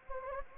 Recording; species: mosquito wingbeat signal from an infrared sensor; Anopheles gambiae